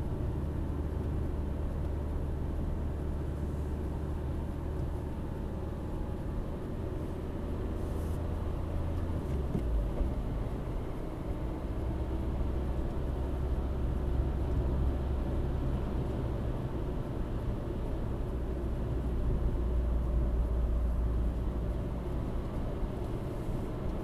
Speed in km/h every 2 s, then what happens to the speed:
58, 58, 60, 62, 65, 69, 70, 70, 65, 63, 62, 68.
0-7 steady at about 58. 7-11 speeds up to 70. 11-21 slows to 62. 21-24 speeds up to 68.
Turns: none.